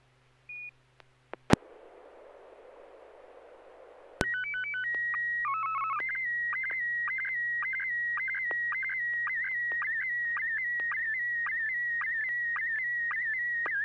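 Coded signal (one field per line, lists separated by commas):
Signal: SSTV (slow-scan television)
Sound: brief beep, radio hiss, steady leader tones, then warbling whistle with regular clicks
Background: FM radio hiss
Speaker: All right, here we go. N6YG.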